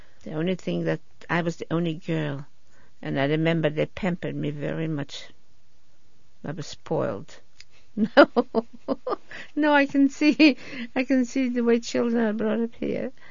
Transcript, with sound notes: The only thing that, I was the only girl, and I remember they pampered me very much. I was spoiled. ( she laughs ) Now I can see, I can see the way children are brought up here.